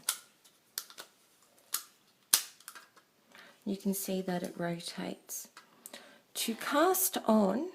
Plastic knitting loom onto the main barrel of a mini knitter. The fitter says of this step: and click into place